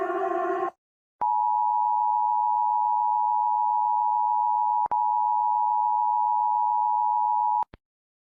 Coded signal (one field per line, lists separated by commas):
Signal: Emergency Alert System (SAME) tones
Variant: 853 and 960 Hz attention tone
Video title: Series 1:Animated EAS Alarms Part 5